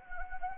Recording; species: mosquito wingbeat signal from an infrared sensor; Anopheles gambiae